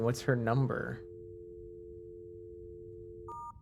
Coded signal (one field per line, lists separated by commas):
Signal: telephone call progress tone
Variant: North America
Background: speech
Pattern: dial tone